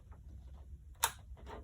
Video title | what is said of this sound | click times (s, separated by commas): December 22, 2020 | You hear that click? | 1.0 s